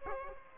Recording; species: mosquito wingbeat signal from an infrared sensor; Aedes aegypti